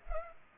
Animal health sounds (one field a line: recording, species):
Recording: mosquito wingbeat signal from an infrared sensor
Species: Culex pipiens